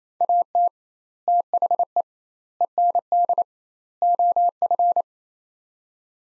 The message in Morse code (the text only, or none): AT THE END OF